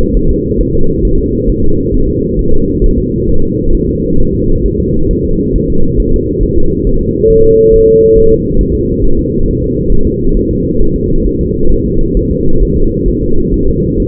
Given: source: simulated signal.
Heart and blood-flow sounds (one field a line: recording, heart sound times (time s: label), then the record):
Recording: fetal heart sounds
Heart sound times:
0.17 s: S1
0.31 s: S2
0.61 s: S1
0.75 s: S2
1.05 s: S1
1.19 s: S2
1.49 s: S1
1.64 s: S2
1.94 s: S1
2.09 s: S2
2.39 s: S1
2.53 s: S2
2.84 s: S1
2.98 s: S2
3.29 s: S1
3.44 s: S2
3.75 s: S1
3.89 s: S2
4.20 s: S1
4.35 s: S2
4.66 s: S1
4.80 s: S2
5.11 s: S1
5.25 s: S2
5.56 s: S1
5.70 s: S2
6.00 s: S1
6.14 s: S2
6.43 s: S1
6.58 s: S2
6.87 s: S1
7.01 s: S2
7.30 s: S1
7.45 s: S2
7.74 s: S1
7.88 s: S2
8.17 s: S1
8.32 s: S2
8.61 s: S1
8.75 s: S2
9.04 s: S1
9.19 s: S2
9.48 s: S1
9.63 s: S2
9.92 s: S1
10.07 s: S2
10.37 s: S1
10.51 s: S2
10.82 s: S1
10.96 s: S2
11.27 s: S1
11.41 s: S2
11.72 s: S1
11.86 s: S2
12.17 s: S1
12.31 s: S2
12.63 s: S1
12.77 s: S2
13.08 s: S1
13.23 s: S2
13.54 s: S1
13.68 s: S2
14.00 s: S1
From the record:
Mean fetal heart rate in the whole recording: 135 bpm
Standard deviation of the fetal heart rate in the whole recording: 3 bpm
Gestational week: 36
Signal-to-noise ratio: -19.1 dB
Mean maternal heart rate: 72 bpm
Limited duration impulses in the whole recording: present